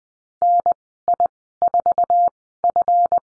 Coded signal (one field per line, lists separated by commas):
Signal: Morse code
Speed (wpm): 20 wpm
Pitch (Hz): 700 Hz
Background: none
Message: NI4F